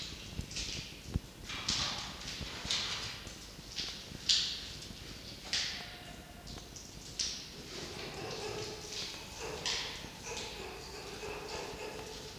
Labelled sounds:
Red Fox (Vulpes vulpes)
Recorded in captivity
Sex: male
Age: adult
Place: Zoologisches Institut der HUB, Berlin, DE
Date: 1953-03-17 18:45
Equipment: Elmetra
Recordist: Tembrock, Günter
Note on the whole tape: 1. Jupp: Muffen (ohne Fleisch) (auf Toni gerichtet). 2. Jupp: Muffen (mit Fleisch) (auf Toni gerichtet)

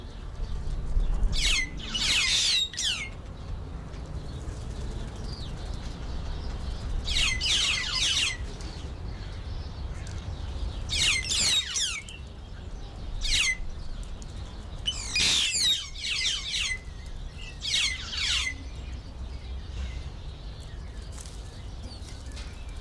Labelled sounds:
White-headed Buffalo-Weaver (Dinemellia dinemelli)
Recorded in captivity
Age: adult
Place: Zoo Berlin, Berlin, DE
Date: 1993-01-16 10:38
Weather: heiter, 10-13°C
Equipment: Marantz CP 430, Sennheiser ME 80, Kopie Uher Variocord 263
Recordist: Tembrock, Günter
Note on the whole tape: Lautfolgen von mehreren Tieren (1 m)

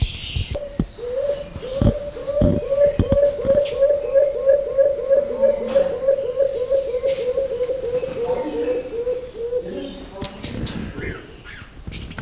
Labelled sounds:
Trumpet Manucode (Phonygammus keraudrenii) call
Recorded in captivity
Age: adult
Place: Zoo Berlin, Berlin, DE
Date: 2000-04-04 12:46
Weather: cloudy, ca. 13°C
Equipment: Nagra SN, Kopie Uher 4000 Report Monitor
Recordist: Tembrock, Günter

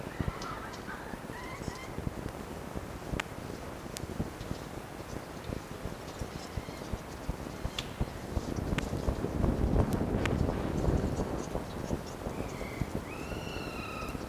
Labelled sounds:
Red Fox (Vulpes vulpes)
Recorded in captivity
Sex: male
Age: diverse
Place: Zoologisches Institut der HUB, Berlin, DE
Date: 1954-04-23 10:00
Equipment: Elmetra
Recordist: Tembrock, Günter

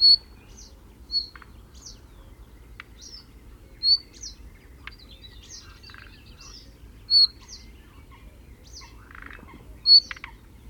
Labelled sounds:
Thrush Nightingale (Luscinia luscinia) call
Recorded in the wild
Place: Schönfeld, Brandenburg, DE
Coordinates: 53.396, 14.001
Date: 1988-06-17 06:16
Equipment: Nagra III BH, Sennheiser MD 21, parabola
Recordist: Schubert, Michael

